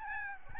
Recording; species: mosquito wingbeat signal from an infrared sensor; Aedes albopictus